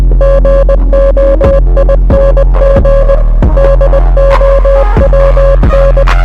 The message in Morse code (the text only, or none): GOING DOWN